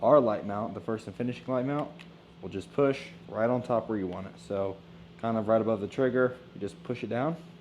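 A plastic flashlight mount, the First and Finishing light mount, is handled above the trigger of a powder coating spray gun that has a corona ring, ready to be pushed down on top. Someone talks throughout over a faint steady hum. Nothing has seated or clicked yet.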